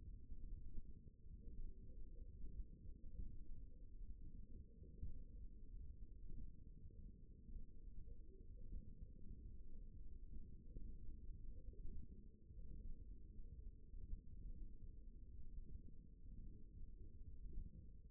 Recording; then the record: forearm muscle sounds (acoustic myography)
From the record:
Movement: tripod grip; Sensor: system 1, eight BSWA MPA416 microphones around the upper forearm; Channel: 1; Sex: male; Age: 54 years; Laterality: right